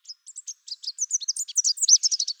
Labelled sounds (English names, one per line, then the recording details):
Chestnut-capped Warbler song
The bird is a male
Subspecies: delattrii
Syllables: 20
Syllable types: 15
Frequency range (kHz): 2.9-8.8 kHz
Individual CR-SOBB-M